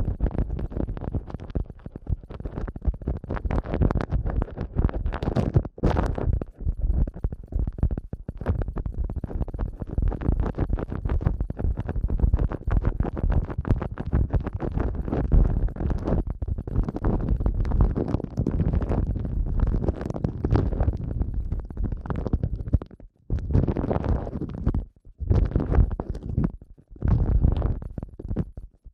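Eardrum massage sounds: dense, continuous muffled rubbing and crackling, low and thick, with brief silent gaps near 6, 23 and 25 seconds.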